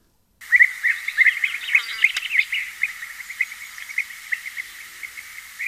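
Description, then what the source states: European bee-eater flight calls: soft, bubbling liquid gluc notes repeated rapidly, dense at first, then thinning to spaced single notes. Bubbling gluc gluc calls heard during migration, when large flocks pass over the islands of Ibiza flying very high.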